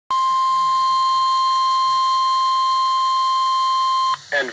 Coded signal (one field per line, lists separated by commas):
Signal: Emergency Alert System (SAME) tones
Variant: 1050 Hz attention tone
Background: speech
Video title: Possible Double Header EAS #41 - 42 Severe Thunderstorm Warning